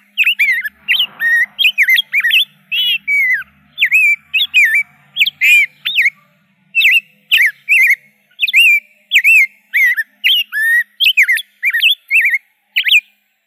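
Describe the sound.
Rose-breasted grosbeak pouring out a lengthy warbled song, its bright slurred whistles following one another rapidly.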